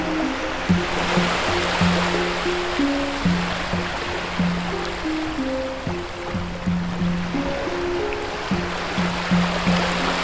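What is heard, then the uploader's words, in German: An Atlantic beach with a steady, dense rush of surf that barely swells or fades over the ten seconds. Beneath it runs a low droning hum that steps between a few pitches every second or so, like an engine or machine. Atlantikstrand. Wir reisen an den Atlantik und lassen uns in die Klänge des Strandes fallen. (Handpan gespielt von nowbianco).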